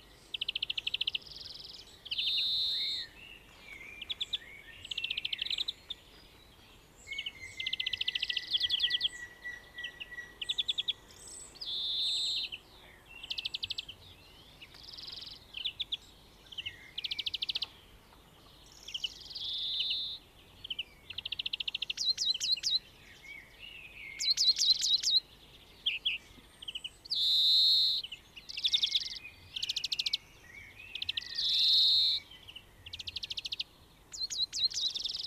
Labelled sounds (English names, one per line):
European Greenfinch song